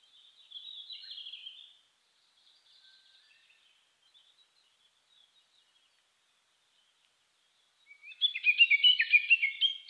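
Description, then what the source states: Japanese bush warbler singing: a soft, high, fluttering trill at the start, a near-silent gap, then a loud tumbling burst of rapid, jumbled whistled notes. Recorded 3 July 2010, 15:26.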